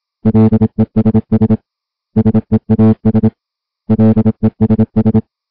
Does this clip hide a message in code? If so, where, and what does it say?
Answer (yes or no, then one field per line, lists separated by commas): yes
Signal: Morse code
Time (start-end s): 0.3-5.2 s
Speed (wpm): 26 wpm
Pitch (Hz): 220 Hz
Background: music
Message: LESS SEAS LESS